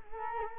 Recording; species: mosquito wingbeat signal from an infrared sensor; Culex quinquefasciatus